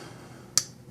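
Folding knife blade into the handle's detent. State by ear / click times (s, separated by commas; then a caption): seated / 0.6 s. The metal blade of a folding knife is closed into its handle, dropping past the detent ball in the handle with one sharp, bright click at 0.6 s over a quiet background. The blade is seated in its closed detent.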